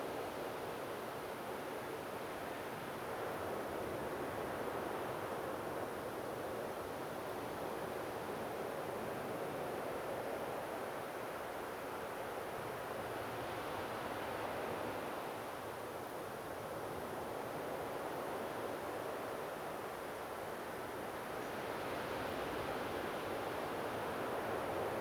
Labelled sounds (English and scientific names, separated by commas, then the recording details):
European Robin (Erithacus rubecula)
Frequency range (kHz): European Robin (Erithacus rubecula) 5.6-7.1 kHz
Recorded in France